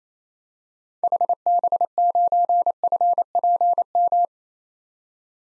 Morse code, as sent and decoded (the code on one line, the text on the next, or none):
.... -... ----. ..-. .--. --
HB9FPM